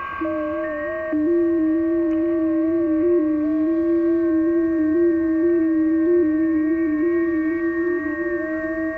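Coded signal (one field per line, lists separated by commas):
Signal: FT8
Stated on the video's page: FT8 from Western Kiribati (OC-017) on the 30m band, 10 MHz, received in a DX contact.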